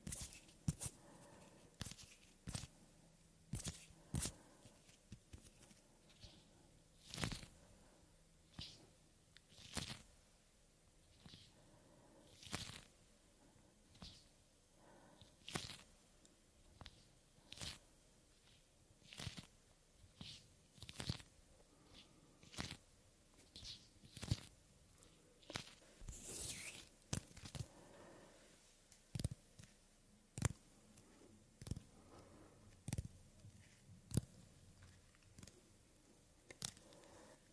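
Soft hand sounds and skin movements, made up of short rustling and brushing strokes that come every second or so at an uneven pace. Each stroke is bright and papery, with a longer scraping sweep near 26 seconds and a faint low hum underneath.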